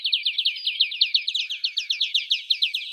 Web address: Carduelis chloris